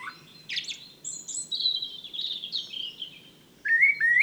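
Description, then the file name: Common blackbird song of high drawn-out squeaky phrases, then a louder rising whistled note near the end, over a soft low rumble. "Turdus merula"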